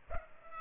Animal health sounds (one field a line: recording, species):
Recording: mosquito wingbeat signal from an infrared sensor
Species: Culex pipiens